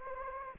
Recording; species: mosquito wingbeat signal from an infrared sensor; Anopheles gambiae